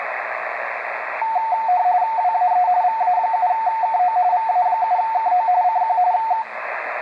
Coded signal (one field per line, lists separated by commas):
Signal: RTTY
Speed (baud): 45.45 baud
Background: radio noise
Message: WAE VA7KO VA7KO CQ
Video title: Xiegu X5105 decoding RTTY during WAE RTTY contest November 2019